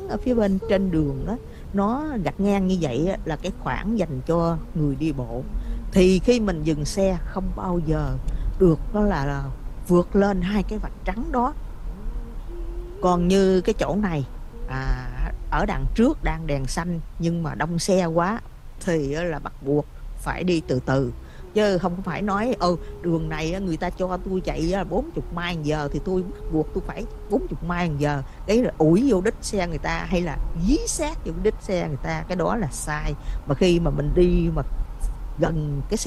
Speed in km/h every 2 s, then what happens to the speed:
23, 34, 40, 45, 44, 40, 35, 27, 18, 13, 19, 29, 29, 27, 35, 37, 37, 37.
0-6 speeds up to 45. 6-18 slows to 13. 19-22 speeds up to 29. 26-29 speeds up to 37. 29-36 steady at about 37.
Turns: none.